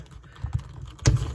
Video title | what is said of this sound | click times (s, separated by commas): NECA Rob Zombie The Munsters Movie Herman Munster Ultimate Action Figure Review | dealt with worse you hear it pop all right so that's that | 1.1 s